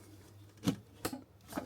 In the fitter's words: we go. Heard a click. Locked.